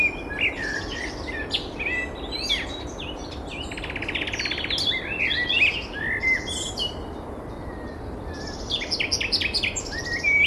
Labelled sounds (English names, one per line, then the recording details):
Common Nightingale song
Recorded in the wild
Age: adult
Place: Malchower Aue, Berlin, DE
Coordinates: 52.5808, 13.4886
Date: 1990-04-20 19:44
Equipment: Riporter 6 RG-K, Halbspur, Sennheiser MKH 416 T
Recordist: Frommolt, Karl-Heinz